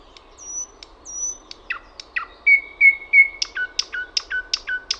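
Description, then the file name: Thrush nightingale: songbird song with long pure high whistles, a few level whistled notes, then a quick series of sharp repeated notes. "SATAKIELI"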